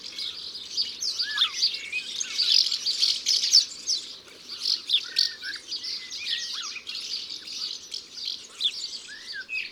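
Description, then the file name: European serin song, a fast, high, sizzling jingle of tinkling notes, with lower whistled slurs between phrases. "Serin cini ABC des chants doiseaux"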